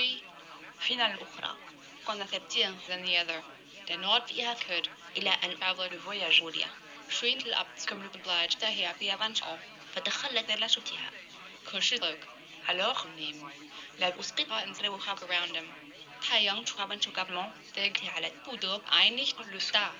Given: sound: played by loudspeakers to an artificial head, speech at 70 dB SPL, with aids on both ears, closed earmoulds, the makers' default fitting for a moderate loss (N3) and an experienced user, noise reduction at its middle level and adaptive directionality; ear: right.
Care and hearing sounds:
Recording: speech test signal (ISTS) in cocktail-party noise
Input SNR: +6 dB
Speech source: on the right (90 degrees)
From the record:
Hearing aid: class 1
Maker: G

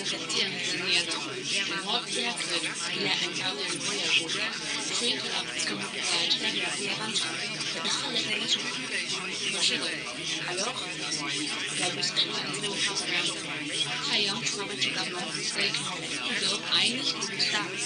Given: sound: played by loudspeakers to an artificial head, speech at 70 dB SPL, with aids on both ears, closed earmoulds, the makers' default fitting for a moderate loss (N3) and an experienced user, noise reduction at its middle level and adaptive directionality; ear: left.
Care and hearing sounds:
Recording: speech test signal (ISTS) in cocktail-party noise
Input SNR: -3 dB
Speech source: on the right (90 degrees)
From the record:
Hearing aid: class 2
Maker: A

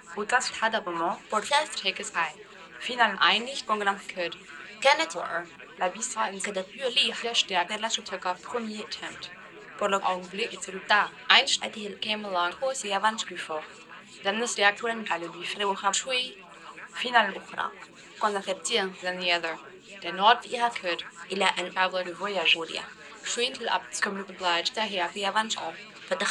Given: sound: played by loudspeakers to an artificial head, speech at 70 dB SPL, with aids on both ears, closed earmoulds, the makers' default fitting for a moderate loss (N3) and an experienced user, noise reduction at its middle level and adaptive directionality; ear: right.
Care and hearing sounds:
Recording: speech test signal (ISTS) in cocktail-party noise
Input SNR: +6 dB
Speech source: on the right (90 degrees)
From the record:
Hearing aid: class 2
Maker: E

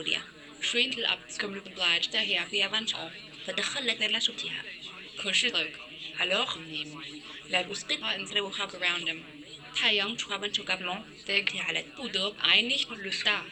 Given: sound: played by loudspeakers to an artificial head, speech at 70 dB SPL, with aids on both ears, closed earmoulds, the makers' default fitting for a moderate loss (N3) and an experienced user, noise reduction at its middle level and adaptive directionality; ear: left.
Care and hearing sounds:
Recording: speech test signal (ISTS) in cocktail-party noise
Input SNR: +9 dB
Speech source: in front (0 degrees)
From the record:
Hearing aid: class 1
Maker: C

